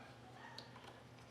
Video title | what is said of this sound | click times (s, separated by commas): Eco Battery EB Power 600 amp 5k Install with a eco 51/105 Lithium | It does come with this fancy little top that you can unclick. | 0.6 s